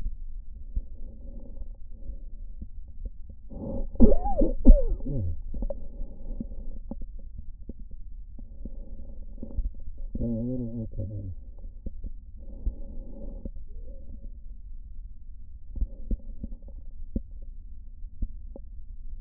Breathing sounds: lung sounds by stethoscope; left posterior basal chest; quiet breathing, then cough and speech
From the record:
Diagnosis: interstitial lung disease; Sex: male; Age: 74 years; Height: 160 cm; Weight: 54 kg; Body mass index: 21.1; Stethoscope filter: diaphragm mode

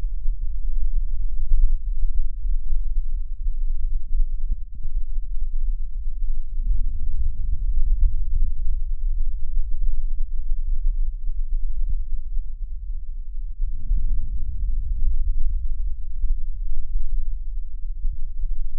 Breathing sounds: lung sounds by stethoscope; left anterior apical chest; quiet breathing, then deep breathing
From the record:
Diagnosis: interstitial lung disease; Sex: female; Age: 65 years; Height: 156 cm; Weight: 66.8 kg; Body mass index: 27.4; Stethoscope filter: bell mode

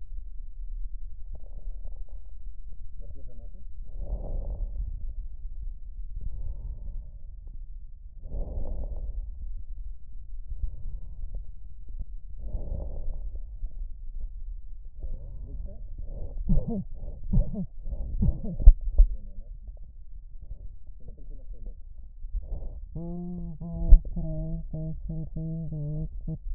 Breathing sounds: lung sounds by stethoscope; right posterior basal chest; quiet breathing, then cough and speech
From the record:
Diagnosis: interstitial lung disease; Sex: female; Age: 72 years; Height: 158 cm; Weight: 69 kg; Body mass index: 27.6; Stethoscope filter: extended mode

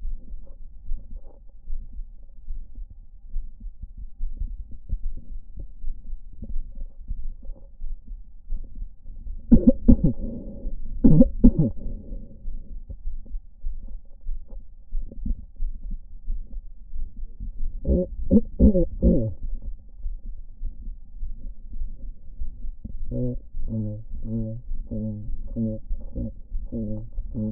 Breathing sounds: lung sounds by stethoscope; left anterior apical chest; quiet breathing, then cough and speech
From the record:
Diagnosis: none (healthy); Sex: male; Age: 30 years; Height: 190 cm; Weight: 88 kg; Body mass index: 24.4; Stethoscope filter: diaphragm mode

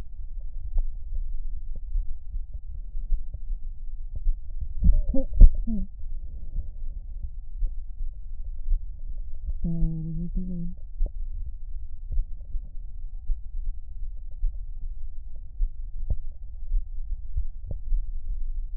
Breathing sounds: lung sounds by stethoscope; left anterior apical chest; quiet breathing, then cough and speech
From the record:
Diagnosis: asthma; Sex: female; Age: 72 years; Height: 160 cm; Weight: 63.4 kg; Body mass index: 24.8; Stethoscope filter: extended mode

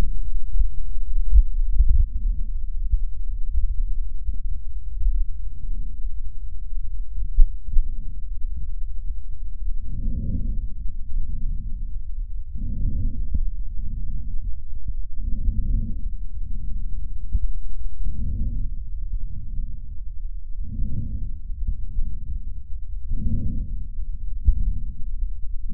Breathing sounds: lung sounds by stethoscope; left posterior basal chest; quiet breathing, then deep breathing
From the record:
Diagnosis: interstitial lung disease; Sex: female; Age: 70 years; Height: 160 cm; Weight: 93 kg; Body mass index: 36.3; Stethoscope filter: bell mode

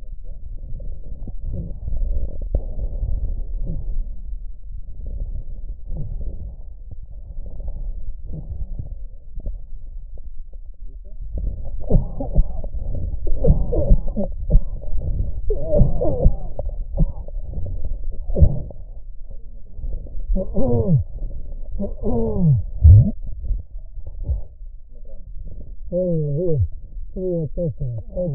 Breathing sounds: lung sounds by stethoscope; right posterior basal chest; quiet breathing, then cough and speech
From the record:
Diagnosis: COPD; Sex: male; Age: 75 years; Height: 182 cm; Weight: 98 kg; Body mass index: 29.6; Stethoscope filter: extended mode

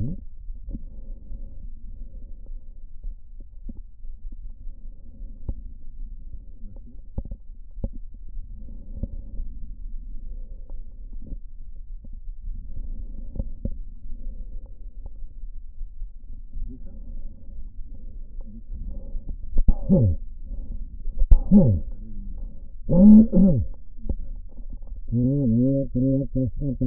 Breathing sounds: lung sounds by stethoscope; right posterior apical chest; quiet breathing, then cough and speech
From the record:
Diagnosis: pulmonary infection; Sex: male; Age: 54 years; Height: 187 cm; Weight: 95 kg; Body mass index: 27.2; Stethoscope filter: diaphragm mode

